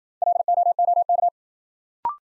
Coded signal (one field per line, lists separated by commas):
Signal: Morse code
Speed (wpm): 53 wpm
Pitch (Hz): 700 Hz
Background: none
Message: LOOK